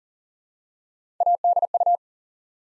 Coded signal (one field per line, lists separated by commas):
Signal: Morse code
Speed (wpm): 42 wpm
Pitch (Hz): 700 Hz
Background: none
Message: ADU